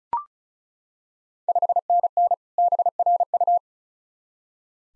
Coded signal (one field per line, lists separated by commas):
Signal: Morse code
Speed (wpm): 36 wpm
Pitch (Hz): 700 Hz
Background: none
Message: 5NN BRU